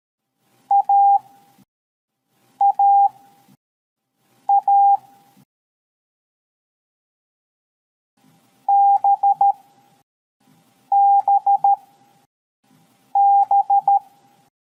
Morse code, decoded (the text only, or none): AAA BBB